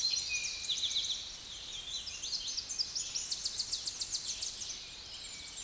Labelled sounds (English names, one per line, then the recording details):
Tennessee Warbler song
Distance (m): 25 m
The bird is about 20 m above the microphone
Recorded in a Pennsylvania forest on 16 May 2024 at 09:53
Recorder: AudioMoth, point MSD-1401
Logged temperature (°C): 16.4 °C
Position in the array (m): 65 m, 170 m